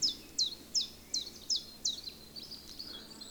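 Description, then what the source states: Common Chiffchaff song: sharp high notes repeated steadily about every 0.4 seconds, six clear ones followed by softer, fading notes. Narrow-range song rendered 'chip-chap, chip-chap'.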